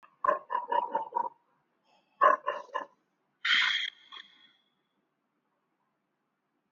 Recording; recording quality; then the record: deep breathing; excellent, no background noise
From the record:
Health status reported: healthy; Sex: male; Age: 35 years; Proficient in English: yes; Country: India